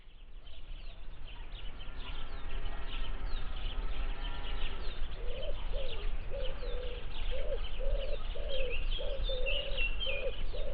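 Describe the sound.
Bird calls: a quick run of soft, low coo-like notes in the second half, with higher chirps above, over a heavy low rumble.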